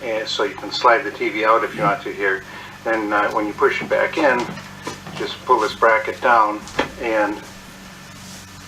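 Someone talks while handling a gravity flip-down locking bracket on a slide-out TV mount in a 2017 Sunseeker RV, which is pulled down to lock the TV in place for travel. Only speech and low background hum are heard, and nothing has seated or clicked yet.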